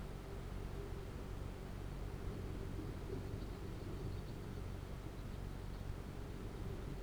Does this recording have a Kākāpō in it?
no